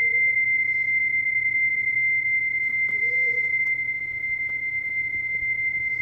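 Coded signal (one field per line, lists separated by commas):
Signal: PSK31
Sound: a continuous high warbling tone near 2 kHz for six seconds over faint hum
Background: low hum, room noise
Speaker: I should be able to um to do a reply and uh uh and conduct a normal um a normal qso here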